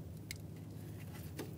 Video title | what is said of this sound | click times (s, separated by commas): How to Replace Downstream O2 Sensor 2012-2015 Honda Civic | attach our electrical connector. Press it in. Listen for a click. | 0.3 s